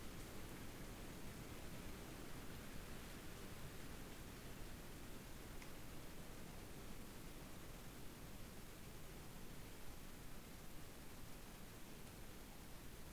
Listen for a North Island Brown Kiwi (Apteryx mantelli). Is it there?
no